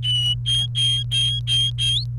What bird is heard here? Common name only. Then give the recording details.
Domestic Canary. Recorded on 29 April 2018 at 11:03. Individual llb3